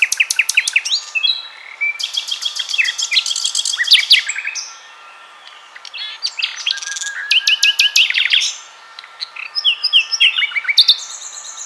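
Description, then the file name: Common nightingale song: loud, varied phrases of rapid repeated clicking notes and buzzy trills, sharp whistles, short pauses between bursts, high-pitched throughout. "Luscinia megarhynchos"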